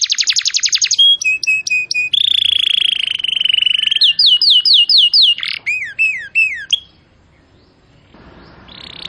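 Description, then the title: Canary song: rapid trills and varied note series, including a long sustained roll, then a short pause and a fainter final note. Canary singing in cengkok song style; master recording. "Cengkok Kenari Mewah. MASTERAN KENARI CENGKOK mewah"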